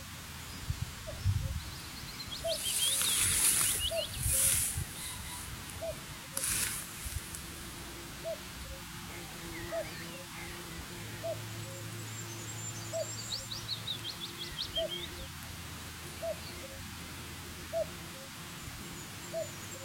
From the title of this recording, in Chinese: 加尔特里山脉，蒂珀雷里，爱尔兰